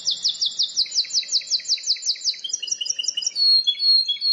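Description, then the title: Plain Prinia song: an even run of rapid high notes, followed by thinner, slower chirps and a brief whistled ending. "Ciblek Sawah"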